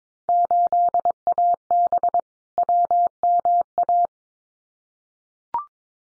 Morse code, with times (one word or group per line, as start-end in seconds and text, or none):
0.3-2.2 8AB
2.6-4.1 WMA